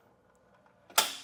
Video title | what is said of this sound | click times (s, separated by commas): etrailer - Yakima StageTwo Bike Rack for 2 Bikes Review - 2020 Subaru Outback Wagon - Y78QD | snaps into place, and now you're ready to drive. | 1.0 s